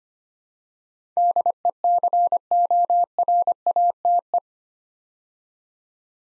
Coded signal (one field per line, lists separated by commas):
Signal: Morse code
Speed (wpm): 25 wpm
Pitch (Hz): 700 Hz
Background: none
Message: DECORATE